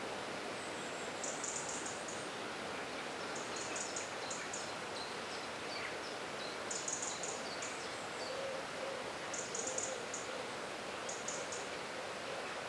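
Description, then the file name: Birds singing, high thin twittering bursts recurring every couple of seconds over a steady background hiss. Birdsong in a forest. "Forest Birdsong - Soothing Birds"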